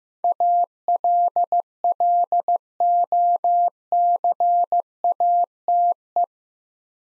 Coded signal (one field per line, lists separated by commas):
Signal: Morse code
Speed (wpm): 15 wpm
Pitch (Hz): 700 Hz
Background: none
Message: ALLOCATE